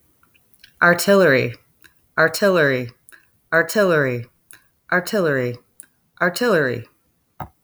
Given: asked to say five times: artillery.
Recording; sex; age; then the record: repeated word; female; 30 to 39 years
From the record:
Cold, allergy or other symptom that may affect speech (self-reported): no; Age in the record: 33 years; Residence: Florida, United States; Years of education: 16